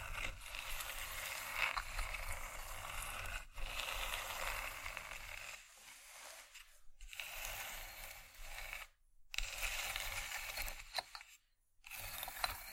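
Wooden triggers make a dense, dry rattling and clicking, like a ratchet or gears turning, mostly in the bright upper range. The busy texture runs almost continuously, broken by short silent gaps near 9 and 11.5 seconds, with a lighter patch around 6 to 7 seconds.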